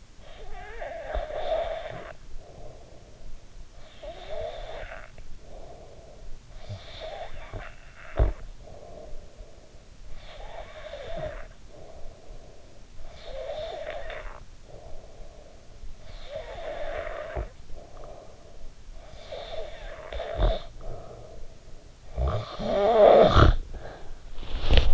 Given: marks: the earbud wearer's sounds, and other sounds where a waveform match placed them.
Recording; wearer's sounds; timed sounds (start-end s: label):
sounds in sleep by an in-ear microphone; snoring breath
0.00-3.48 s: snoring breath
3.64-24.94 s: snoring breath